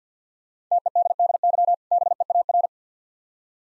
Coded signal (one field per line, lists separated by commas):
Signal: Morse code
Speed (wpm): 50 wpm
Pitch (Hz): 700 Hz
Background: none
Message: TEDDY BEAR